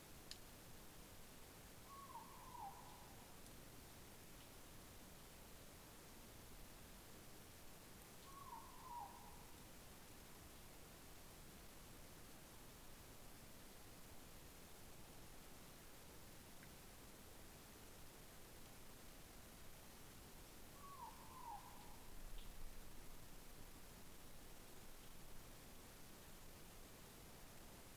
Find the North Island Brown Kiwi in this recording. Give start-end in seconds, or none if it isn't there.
none